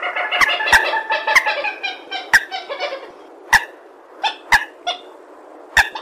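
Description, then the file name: Purple swamphen producing nasal, slightly descending calls, first in a dense series and then as spaced single notes with clicks. "tieng trich re keu"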